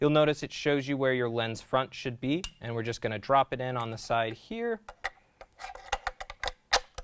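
A camera accessory is dropped into the side mount of a RED camera rig while someone talks. After the talking, a run of small hard hits follows, and the loudest, at 6.7 seconds, is the part snapping into place.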